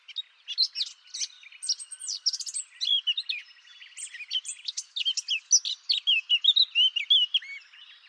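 Bird calls, a steady stream of high, rapid chirps, clicks and slurred whistles throughout, with little pause between notes.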